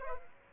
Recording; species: mosquito wingbeat signal from an infrared sensor; Aedes aegypti